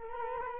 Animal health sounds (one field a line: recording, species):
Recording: mosquito wingbeat signal from an infrared sensor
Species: Culex quinquefasciatus